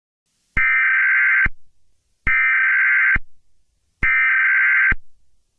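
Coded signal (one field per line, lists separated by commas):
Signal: Emergency Alert System (SAME) tones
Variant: header bursts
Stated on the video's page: Fictional EAS scenario about a purple minion attack, not a real alert.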